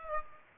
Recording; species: mosquito wingbeat signal from an infrared sensor; Aedes aegypti